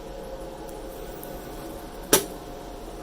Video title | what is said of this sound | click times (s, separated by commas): Buttonhole Machine Threading | And once you hear that click, the machine, this little spring right here, | 2.1 s